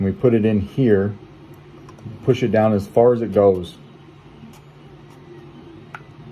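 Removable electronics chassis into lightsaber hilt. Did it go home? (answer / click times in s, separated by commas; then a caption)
yes / 5.9 s. Someone talks while a removable electronics chassis, with a Smuggler's Outpost speaker recessed into it, is pushed down into a custom Scrapflex lightsaber hilt as far as it goes. After a quiet stretch of faint handling noise, a short sharp click at 6.0 s marks the chassis seating home, butted up against the pommel.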